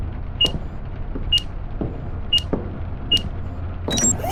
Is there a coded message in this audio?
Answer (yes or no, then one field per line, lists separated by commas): no